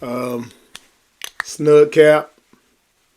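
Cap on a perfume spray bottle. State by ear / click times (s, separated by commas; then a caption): not seated / none. A cap is fitted back onto a heavy perfume spray bottle, and someone talks before and after. Only light contact ticks are heard, around 0.8 s and 1.2 s. The cap fits snug but has not snapped into place, and no click is heard.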